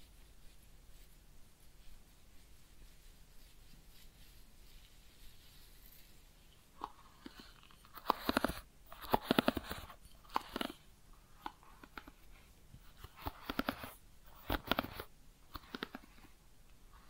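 Head massage and ear cleaning: the first seven seconds are nearly silent with a low hiss, then bursts of crisp scratching and rubbing arrive, loudest around eight to eleven seconds and again near fourteen to fifteen. Short taps and clicks fall between the bursts.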